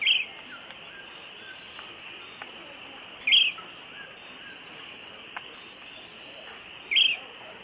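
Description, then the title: Bird call: a short, sharp high note repeated three times over a steady high hum. "LuckyPassaro Completos2Sama"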